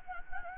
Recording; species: mosquito wingbeat signal from an infrared sensor; Anopheles gambiae